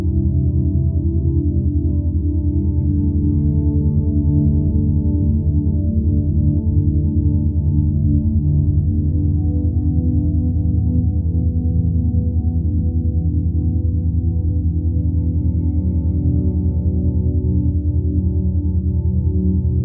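Binaural beats: a steady, unbroken drone of low tones layered together, with faint thin overtones above. The sound stays level and even for the whole stretch, with a slow, soft pulsing woven through the low hum and nothing else around it.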